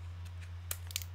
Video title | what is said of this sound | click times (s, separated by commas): IrixGuy’s Live Show – Episode 64 | this is an add-on and basically what you do you just pop it in snaps | 0.7 s, 1.0 s